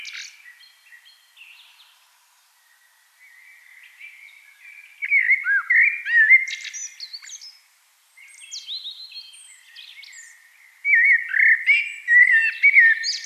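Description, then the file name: Eurasian blackbird song: rich fluty warbled phrases with low mellow notes, pausing between bursts, a quieter twittering stretch before a louder final phrase. "Turdus merula"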